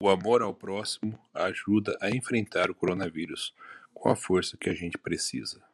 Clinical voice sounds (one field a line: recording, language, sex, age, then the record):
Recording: spoken sentence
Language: Brazilian Portuguese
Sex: male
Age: 40 to 49 years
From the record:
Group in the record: control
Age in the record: 47 years